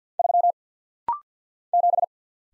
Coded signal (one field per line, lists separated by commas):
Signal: Morse code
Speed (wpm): 50 wpm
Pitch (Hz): 700 Hz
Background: none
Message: 3 7